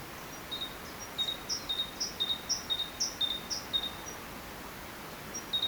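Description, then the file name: Great tit calling in a quick series of high, clipped chirps, roughly two per second, with thin faint notes interleaved and soft background hiss. "Parus major"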